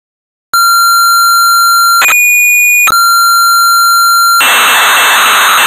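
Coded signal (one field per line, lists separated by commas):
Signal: computer data on cassette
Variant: Amstrad CPC tape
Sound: steady whistling lead tones with brief clicks, then harsh continuous buzzing data noise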